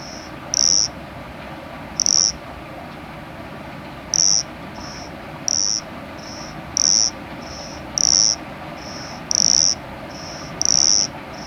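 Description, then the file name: Cricket chirps: short pure high-pitched tones about every one and a half seconds, with fainter, softer chirps slipped in between the loud ones, over a low steady hiss. "Nesobia mjobergi"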